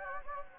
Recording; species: mosquito wingbeat signal from an infrared sensor; Anopheles gambiae